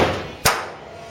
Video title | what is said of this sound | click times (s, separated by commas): Cortina GXL restoration PT35 | here that popped his popped into place away we go keep | 0.5 s